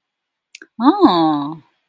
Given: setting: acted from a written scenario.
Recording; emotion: vocal sound without words; interest